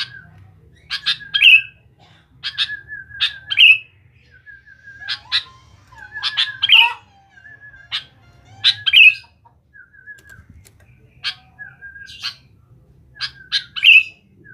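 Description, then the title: Sooty-headed bulbul song: sharp high chirps ending in a bright descending whistle, repeated several times, with wavering notes between and a faint low hum. "Kutilang"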